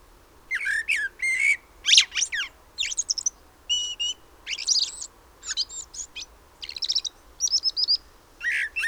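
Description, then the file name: Common blackbird uttering high, twittering chirps and short whistled notes in quick clusters throughout, with short gaps between them. "Turdus merula"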